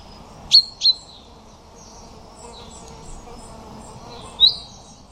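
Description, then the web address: Common chaffinch-type sharp 'pink' calls, two close together then one more later, with a faint buzzing and higher chirps in the background. "Deverinetal 2025"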